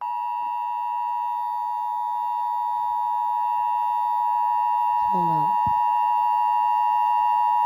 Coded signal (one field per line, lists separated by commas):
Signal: Emergency Alert System (SAME) tones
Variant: 853 and 960 Hz attention tone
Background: speech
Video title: WDFA SAID HAPPY NEW YEAR!! (EAS 80)